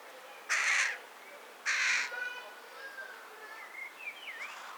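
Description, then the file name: Carrion crow calling with two rasping caws about a second apart, followed by faint twittering and rising whistles from other birds. "Corvus corone"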